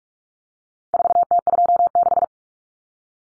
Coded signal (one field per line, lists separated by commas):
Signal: Morse code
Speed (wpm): 44 wpm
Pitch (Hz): 700 Hz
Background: none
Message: 4T26